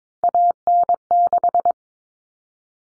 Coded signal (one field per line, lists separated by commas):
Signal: Morse code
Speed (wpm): 22 wpm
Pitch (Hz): 700 Hz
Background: none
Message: AN6